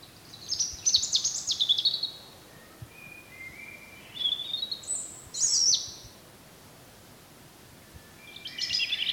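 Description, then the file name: European robin song of rapid, high, sparkling warbles and thin whistles, delivered in three bursts separated by pauses. "Erithacus rubecula"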